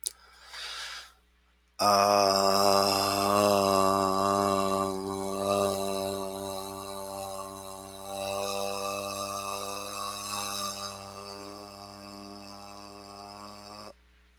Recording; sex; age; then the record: vowel held as long as possible; male; 30 to 39 years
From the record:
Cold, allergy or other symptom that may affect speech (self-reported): no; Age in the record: 35 years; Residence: Alabama, United States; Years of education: 12